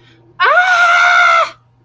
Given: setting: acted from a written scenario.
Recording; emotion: vocal sound without words; positive surprise